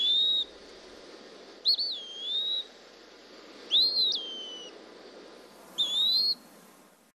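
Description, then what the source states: Eastern Wood-Pewee giving slow, plaintive whistled calls, clear slurred notes spaced about two seconds apart, some rising and falling, over a steady low background hiss. Plaintive, almost lazy call in two versions that gives the bird its name; heard in the woods in late summer.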